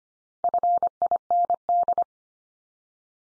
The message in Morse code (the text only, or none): FIND